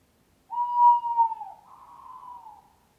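Owl call, one clear, steady whistled hoot that dips slightly, then turns into a softer, rough, quavering tail lasting about a second.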